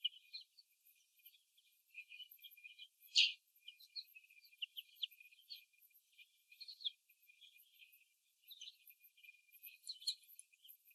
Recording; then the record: young laying hens in a cage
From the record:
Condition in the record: after the stressor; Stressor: simulated dog barking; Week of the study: 2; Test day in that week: 3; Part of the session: 1